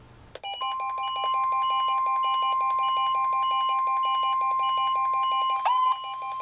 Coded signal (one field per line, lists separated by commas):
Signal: Emergency Alert System (SAME) tones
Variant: 1050 Hz attention tone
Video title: EAS #46-#49: Marine Warnings on the go! | KHB36 & WZ2527